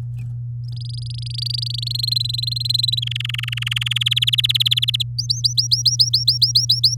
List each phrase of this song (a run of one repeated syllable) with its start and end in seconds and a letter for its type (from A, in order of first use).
0.64-1.93 A, 1.94-3.00 B, 3.02-4.03 C, 4.06-5.03 D, 5.18-6.95 E